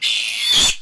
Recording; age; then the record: pig call; piglet (1 to 25 days)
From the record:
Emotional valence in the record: negative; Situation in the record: restrain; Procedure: sham castration, fixation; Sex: male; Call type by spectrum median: high-frequency call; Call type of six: high-frequency modulated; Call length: 0.82 s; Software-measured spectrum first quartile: 3121 Hz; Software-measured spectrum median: 3880 Hz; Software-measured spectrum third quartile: 6431 Hz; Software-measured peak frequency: 3516 Hz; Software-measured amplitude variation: 95 dB a second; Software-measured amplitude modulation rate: 19.0 a second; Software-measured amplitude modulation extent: 5.0 dB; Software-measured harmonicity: 2.7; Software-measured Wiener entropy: -2.39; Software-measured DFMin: 1122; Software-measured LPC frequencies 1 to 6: 980, 2805, 3460, 4443, 6192, 6945 Hz